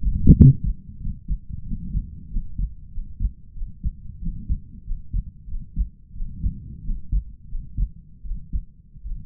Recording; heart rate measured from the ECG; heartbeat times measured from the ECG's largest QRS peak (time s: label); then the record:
heart sounds by stethoscope; 90 bpm
0.34 s: heartbeat
0.98 s: heartbeat
1.64 s: heartbeat
2.28 s: heartbeat
2.90 s: heartbeat
3.54 s: heartbeat
4.19 s: heartbeat
4.84 s: heartbeat
5.46 s: heartbeat
6.13 s: heartbeat
6.82 s: heartbeat
7.47 s: heartbeat
8.22 s: heartbeat
9.03 s: heartbeat
From the record:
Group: healthy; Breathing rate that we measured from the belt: 26 breaths a minute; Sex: male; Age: 22 years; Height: 181 cm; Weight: 60 kg